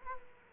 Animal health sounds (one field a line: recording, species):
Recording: mosquito wingbeat signal from an infrared sensor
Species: Aedes aegypti